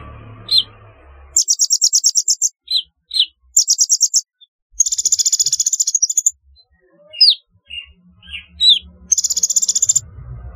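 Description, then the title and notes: Sunbird chirping: high, rapid trilled bursts alternate with short slurred chips, some pauses between phrases, and faint low rumbling at the start and end. "Kicau Burung Kolibri"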